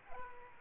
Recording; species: mosquito wingbeat signal from an infrared sensor; Aedes aegypti